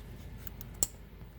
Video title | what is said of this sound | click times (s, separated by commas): How to replace the coolent tempture sensor on a 2001 Toyota highlander v6 | push it in all the way till you hear a click just like so | 0.8 s